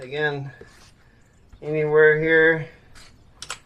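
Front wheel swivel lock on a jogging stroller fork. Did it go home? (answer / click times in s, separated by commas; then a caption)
yes / 3.4 s, 3.5 s. Someone talks, then the front swivel wheel lock on the fork of a BOB Gear Rambler jogging stroller (black) is flipped over and, with the wheel centred, drops into place. Two sharp clicks are heard at 3.4 s and 3.5 s as the swivel lock seats and engages.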